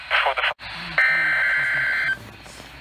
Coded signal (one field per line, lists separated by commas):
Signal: Emergency Alert System (SAME) tones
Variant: header bursts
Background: speech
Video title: Before Isaias...EAS Alerts From August 3, 2020 (EAS #266-276)